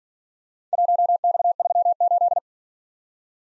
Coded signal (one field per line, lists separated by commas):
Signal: Morse code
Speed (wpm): 45 wpm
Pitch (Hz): 700 Hz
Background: none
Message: 1X38